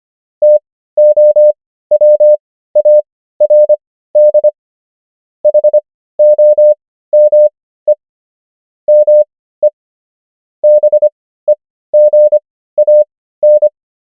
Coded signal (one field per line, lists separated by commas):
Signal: Morse code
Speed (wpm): 25 wpm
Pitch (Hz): 600 Hz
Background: none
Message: TOWARD HOME ME BEGAN